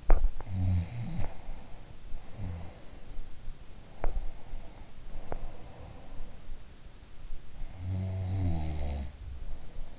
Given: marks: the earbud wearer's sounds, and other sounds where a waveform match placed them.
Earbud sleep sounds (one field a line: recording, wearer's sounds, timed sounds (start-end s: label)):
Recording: sounds in sleep by an in-ear microphone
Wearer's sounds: teeth grinding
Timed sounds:
0.00-0.24 s: teeth grinding
0.36-3.51 s: sound from someone else or the room
3.94-4.15 s: teeth grinding
3.95-6.55 s: sound from someone else or the room
5.24-5.46 s: teeth grinding
7.63-9.99 s: sound from someone else or the room